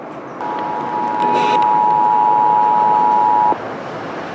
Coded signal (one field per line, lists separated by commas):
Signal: Emergency Alert System (SAME) tones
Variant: 853 and 960 Hz attention tone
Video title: The Last Shasta County RMT (EAS #3810-3822)